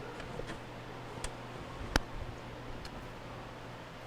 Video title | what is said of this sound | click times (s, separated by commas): Kenmore Refrigerator Repair - Fresh Food Section Is Not Cooling - Defrost Timer | You hear several different snaps and pops | 1.2 s, 2.0 s, 2.9 s